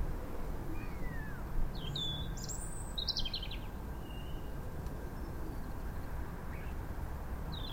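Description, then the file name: European robin song, a soft descending whistle then a cluster of high, thin trilled notes, with a few faint whistles later against low background noise. "Erithacus rubecula"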